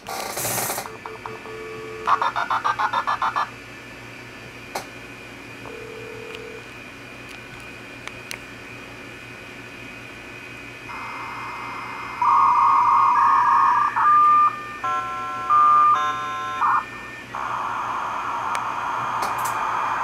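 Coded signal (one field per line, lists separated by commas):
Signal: dial-up modem handshake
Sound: short warbling tone bursts, steady beeps, then a wide buzzing hiss of modem data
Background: room hum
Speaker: here i'm going to log back in but with the the modem set to higher to higher speed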